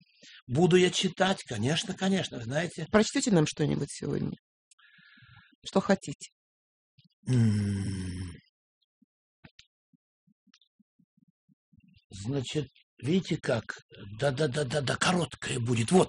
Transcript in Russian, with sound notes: Буду я читать, конечно, конечно. Знаете…
Прочтете нам что-нибудь сегодня? Что хотите. (пауза)
Значит, видите, как… да, да, да, да, короткое будет.